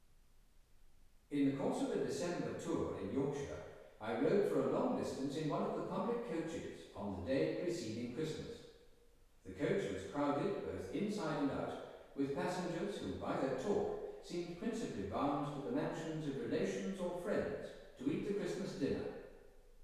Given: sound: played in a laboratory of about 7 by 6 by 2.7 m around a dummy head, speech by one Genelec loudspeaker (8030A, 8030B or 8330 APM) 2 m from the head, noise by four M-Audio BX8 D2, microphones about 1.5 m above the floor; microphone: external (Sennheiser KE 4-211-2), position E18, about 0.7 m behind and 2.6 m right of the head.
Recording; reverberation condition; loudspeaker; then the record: male speech in English; high; 30 degrees to the right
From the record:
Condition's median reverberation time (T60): about 1300 ms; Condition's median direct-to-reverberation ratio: about -4.0 dB